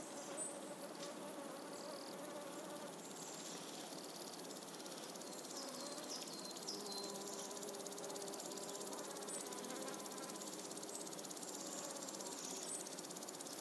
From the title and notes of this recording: Warm Summer Morning. A warm summer soundscape in an early morning revealing a variety of close insects and birds in the background. This place is an ancient neolithic era settlement: there are monoliths nearby. Field recording by Steven Baber.